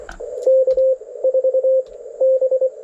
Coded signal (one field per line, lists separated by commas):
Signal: Morse code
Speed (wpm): 24 wpm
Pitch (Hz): 530 Hz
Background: radio noise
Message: K 4 B